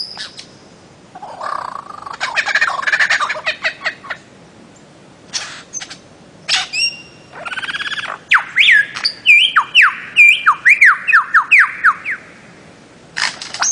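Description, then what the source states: Bird-of-paradise song: a harsh rasping chatter, then a long run of repeated rising whistled notes, ending with a brief harsh burst. Master song used for training songbirds.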